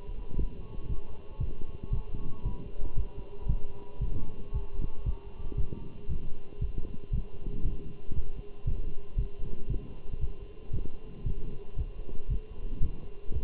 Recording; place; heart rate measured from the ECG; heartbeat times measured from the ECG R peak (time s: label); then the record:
heart sounds by stethoscope; between the tricuspid and mitral areas; 116 bpm
0.39 s: heartbeat
0.89 s: heartbeat
1.40 s: heartbeat
1.93 s: heartbeat
2.45 s: heartbeat
2.97 s: heartbeat
3.49 s: heartbeat
4.02 s: heartbeat
4.54 s: heartbeat
5.06 s: heartbeat
5.58 s: heartbeat
6.10 s: heartbeat
6.62 s: heartbeat
7.13 s: heartbeat
7.65 s: heartbeat
8.16 s: heartbeat
8.67 s: heartbeat
9.18 s: heartbeat
9.70 s: heartbeat
10.21 s: heartbeat
10.74 s: heartbeat
11.26 s: heartbeat
11.78 s: heartbeat
12.30 s: heartbeat
12.83 s: heartbeat
13.34 s: heartbeat
From the record:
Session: walking at 3.7 km/h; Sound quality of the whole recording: good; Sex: male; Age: 27 years